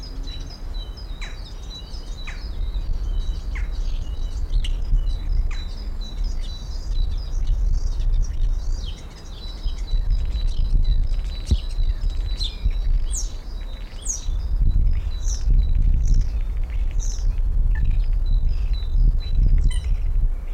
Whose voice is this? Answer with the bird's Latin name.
Sturnus vulgaris